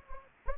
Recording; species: mosquito wingbeat signal from an infrared sensor; Anopheles gambiae